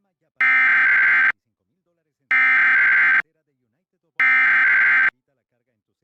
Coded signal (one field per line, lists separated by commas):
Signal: Emergency Alert System (SAME) tones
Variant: header bursts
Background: speech